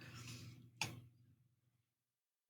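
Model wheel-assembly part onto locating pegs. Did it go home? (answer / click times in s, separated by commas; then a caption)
no / none. A plastic/metal wheel-assembly part for a Hachette 1:8 scale Batman Tumbler model (Issue 118) is pressed onto two locating pegs, with a low rumble before a single sharp tap at 0.8 s that fades out by about 1.8 s. The part misses its position and nothing has seated or clicked yet.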